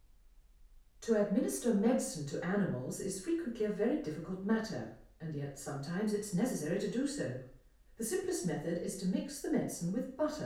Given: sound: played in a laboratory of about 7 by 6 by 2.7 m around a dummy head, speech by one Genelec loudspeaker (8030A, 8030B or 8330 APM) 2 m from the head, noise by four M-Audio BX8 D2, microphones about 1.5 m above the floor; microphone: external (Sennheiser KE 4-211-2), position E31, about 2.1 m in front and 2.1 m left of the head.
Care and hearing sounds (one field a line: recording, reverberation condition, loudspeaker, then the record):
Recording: female speech in English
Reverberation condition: medium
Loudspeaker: behind (180 degrees)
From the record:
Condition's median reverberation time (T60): about 510 ms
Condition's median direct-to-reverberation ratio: about -0.5 dB